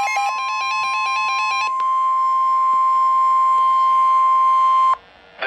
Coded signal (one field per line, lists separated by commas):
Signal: Emergency Alert System (SAME) tones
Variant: 1050 Hz attention tone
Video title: EAS 3 3RD RARE SNOW SQUALL WARNING